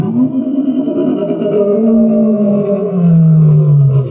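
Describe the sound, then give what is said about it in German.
A deep, sustained predator-like roar rumbles continuously for about four seconds, loud and low-pitched, swelling slightly toward the end with no talking over it. “Urplötzlich ertönt ein Geräusch, als würde ein überreifer Kürbis zu Boden fallen, gefolgt von einem raubtierartigen Gebrüll.”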